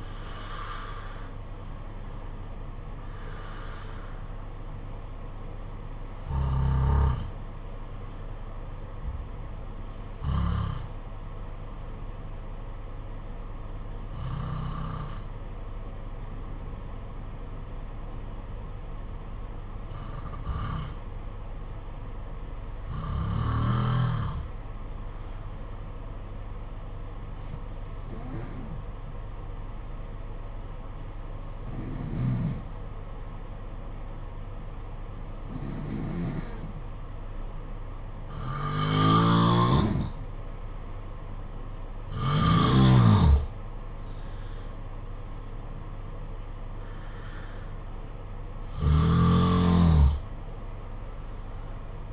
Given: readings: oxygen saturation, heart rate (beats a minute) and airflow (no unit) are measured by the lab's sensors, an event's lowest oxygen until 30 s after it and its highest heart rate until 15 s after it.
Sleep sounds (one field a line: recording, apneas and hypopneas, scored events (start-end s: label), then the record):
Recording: breathing in sleep by a smartphone at the bedside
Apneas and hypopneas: 1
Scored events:
16.00-39.00 s: hypopnea (N1, oxygen 95% highest, then 88% lowest, heart rate 52 at the start, 68 highest)
44.00-52.13 s: new sleep stage, N2 (light sleep)
From the record:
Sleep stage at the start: N1 (lightest sleep)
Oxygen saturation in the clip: 85 to 95%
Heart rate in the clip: 52 to 68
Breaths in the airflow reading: 13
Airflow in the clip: -5.5 to 7.1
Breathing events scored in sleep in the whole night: 476 in 9.7 hours asleep